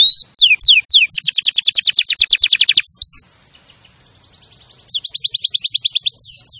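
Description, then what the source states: Canary whistles a few slurred notes into a loud, rapid, evenly pulsed trill, goes quiet for a moment, then resumes trilling. Champion canary song used as a master recording for tutoring other birds.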